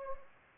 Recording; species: mosquito wingbeat signal from an infrared sensor; Anopheles gambiae